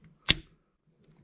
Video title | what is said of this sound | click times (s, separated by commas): FF of the week #11 - US Springfield 1873 - 45-70 Trap Door | so that would lock into place | 0.3 s